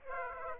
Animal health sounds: mosquito wingbeat signal from an infrared sensor; Aedes aegypti

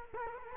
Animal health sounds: mosquito wingbeat signal from an infrared sensor; Culex quinquefasciatus

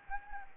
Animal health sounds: mosquito wingbeat signal from an infrared sensor; Anopheles gambiae

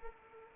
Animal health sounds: mosquito wingbeat signal from an infrared sensor; Anopheles arabiensis

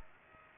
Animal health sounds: mosquito wingbeat signal from an infrared sensor; Aedes aegypti

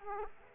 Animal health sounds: mosquito wingbeat signal from an infrared sensor; Aedes aegypti

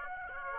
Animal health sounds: mosquito wingbeat signal from an infrared sensor; Aedes aegypti

